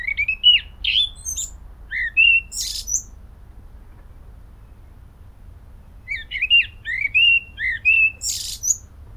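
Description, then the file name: Eurasian blackcap song: two bursts of varied warbling and whistled notes, the first near the start and the second after a pause of about three seconds, with low background rumble. "Sylvia atricapilla"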